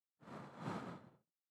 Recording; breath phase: one breath near a microphone; exhalation